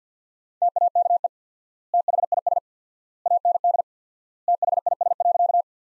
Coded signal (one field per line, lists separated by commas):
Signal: Morse code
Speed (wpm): 48 wpm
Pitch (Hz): 700 Hz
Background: none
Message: TAKE THIS AND THIS.